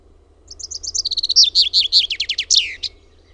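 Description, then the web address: Common chaffinch song: a fast series of high notes running down in steps into a bright rattling flourish at the end. Song recorded in Finland by the recordist. "OMAT AANITYKSET PEIPPO"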